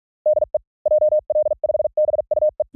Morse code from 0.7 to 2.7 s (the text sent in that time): JL5BUE